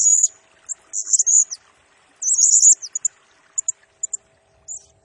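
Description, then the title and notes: Blue-crowned hanging parrot giving shrill, high buzzy trills, then a scatter of short, single piercing chirps spaced out irregularly. Lure and tutor song for training birds; bird in full, chatty song (gacor), singing in the nembak (rapid, shooting) style, said to excite all other birds. "Burung Serindit Nembak Gacor Bikin Emosi Semua Burung. Suara Nasteran Dan Pemikat Burung Serinditan Gacor"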